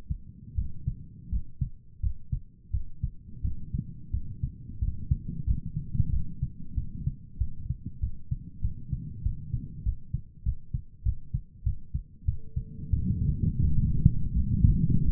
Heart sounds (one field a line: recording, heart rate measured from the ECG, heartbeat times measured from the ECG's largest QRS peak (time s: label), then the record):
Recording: heart sounds by stethoscope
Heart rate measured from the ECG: 91 bpm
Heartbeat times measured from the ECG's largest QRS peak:
0.56 s: heartbeat
1.31 s: heartbeat
2.01 s: heartbeat
2.72 s: heartbeat
3.43 s: heartbeat
4.12 s: heartbeat
4.80 s: heartbeat
5.46 s: heartbeat
6.11 s: heartbeat
6.76 s: heartbeat
7.39 s: heartbeat
8.02 s: heartbeat
8.63 s: heartbeat
9.24 s: heartbeat
9.85 s: heartbeat
10.45 s: heartbeat
11.05 s: heartbeat
11.65 s: heartbeat
12.27 s: heartbeat
12.92 s: heartbeat
13.63 s: heartbeat
14.35 s: heartbeat
15.04 s: heartbeat
From the record:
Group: healthy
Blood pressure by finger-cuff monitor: 108/61 mmHg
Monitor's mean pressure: 75 mmHg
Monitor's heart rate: 92 bpm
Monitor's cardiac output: 8 L/min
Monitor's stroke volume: 92 mL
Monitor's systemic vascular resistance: 670 dyn s/cm5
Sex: male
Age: 19 years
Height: 178 cm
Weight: 83 kg